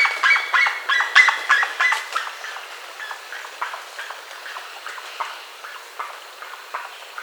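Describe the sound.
Bird calls in a rapid series of short chirping notes, loud at first with a few clear whistled tones, then softer clicking notes continuing over steady background hiss.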